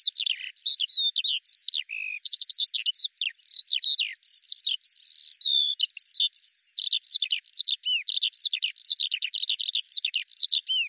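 Eurasian skylark song, a continuous rapid stream of high chirps, trills and slurred whistles without pause, varied and energetic throughout.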